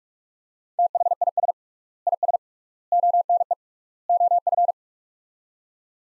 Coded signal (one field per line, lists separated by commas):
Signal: Morse code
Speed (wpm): 43 wpm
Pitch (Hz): 700 Hz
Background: none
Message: THIS IS ONE OF